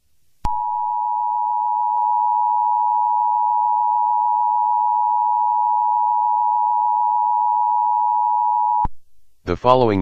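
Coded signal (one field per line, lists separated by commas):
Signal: Emergency Alert System (SAME) tones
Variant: 853 and 960 Hz attention tone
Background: speech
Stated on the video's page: Fictional EAS mock scenario as a 9/11 tribute, not a real alert.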